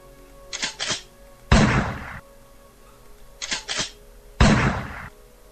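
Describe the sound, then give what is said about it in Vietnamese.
A crackling burst of gunfire from many guns fired at once erupts twice as several men fire guns raised to their own heads, each roaring blast with a short ringing tail and each preceded by a few quick metallic clicks, with no voices. “Mấy thằng đó từ từ đưa súng lên đầu mình rồi nổ súng hàng loạt. Nhiều tiếng súng nổ cùng một lúc làm cho trời đất vang vọng.”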